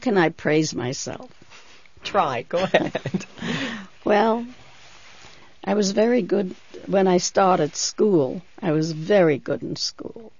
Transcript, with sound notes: How can I praise myself?
Try. Go ahead. ( they laugh )
Well, I was very good, when I started school, I was very good in school.